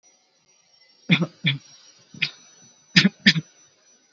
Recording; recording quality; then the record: shallow voluntary cough; moderate, slight background noise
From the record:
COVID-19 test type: RT-PCR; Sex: male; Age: 19 years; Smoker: no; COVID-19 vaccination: both doses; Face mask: worn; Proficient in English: yes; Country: India